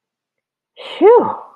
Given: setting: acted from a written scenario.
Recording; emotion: vocal sound without words; relief